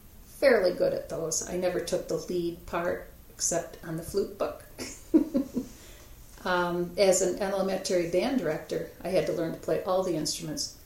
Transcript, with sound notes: fairly good at those. I never took the lead part except on the flute book. [Laughter.] As an elementary band director, I had to learn to play all the instruments.